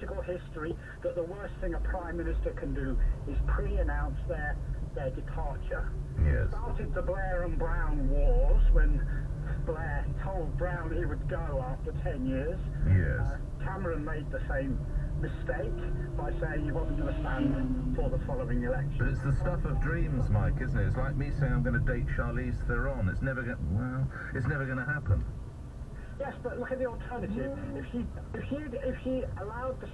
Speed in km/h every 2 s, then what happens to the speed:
0, 3, 10, 11, 16, 18, 16, 16, 18, 16, 18, 3, 0, 0, 0.
0-8 pulls away to 16. 8-20 steady at about 16. 20-23 brakes to 0. 23-30 standing.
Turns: 15-21.